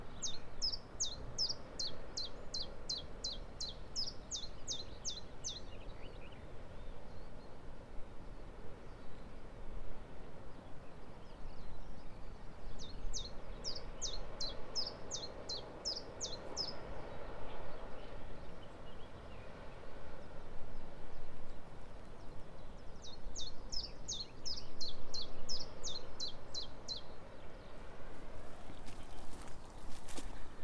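A bird sings from the coastal path on the walk from Crackington Haven to Boscastle, repeating a quick, bright trill of rapid chirps about every ten seconds, near the start, middle and end. Underneath runs a steady rushing wind, with a faint rustle near the close.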